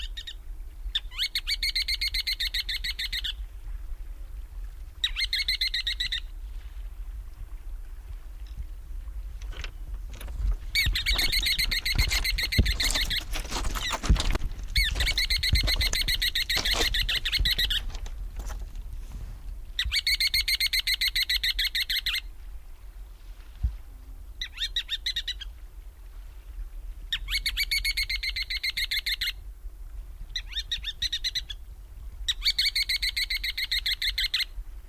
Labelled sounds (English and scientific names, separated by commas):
Ruddy Turnstone (Arenaria interpres) call